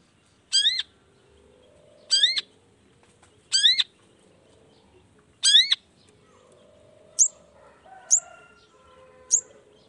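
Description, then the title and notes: Long-tailed shrike calling with four rich slurred notes spaced over several seconds, followed by three short, thin high chips. Lively long-tailed shrike singing in the morning, with the toet-toet sound variation, used to stir lazy, silent shrikes into singing along quickly. "Cendet Gacor Dor Di Kala Pagi Toet Toet Variasi Suara J. Cendet Gacor Di Pagi Hari Rangsangan Emosi Cendet Malas Bunyi Supaya Secepatnya Ikutan Bunyi. Burung cendet"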